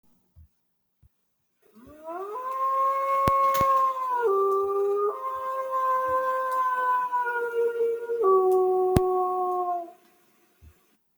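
Wolf howling: one long, smooth, sustained tone that rises at the start, then holds level with a few stepped pitch shifts for about eight seconds before stopping abruptly.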